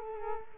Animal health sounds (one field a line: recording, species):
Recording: mosquito wingbeat signal from an infrared sensor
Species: Culex quinquefasciatus